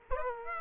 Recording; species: mosquito wingbeat signal from an infrared sensor; Aedes aegypti